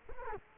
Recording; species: mosquito wingbeat signal from an infrared sensor; Culex quinquefasciatus